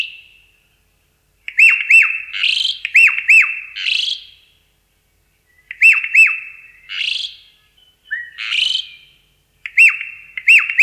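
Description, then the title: Javan pied starling giving loud hooked whistles in twos, each pair answered by a grating squawk, the pattern recurring several times with gaps between. "Jalak Uren"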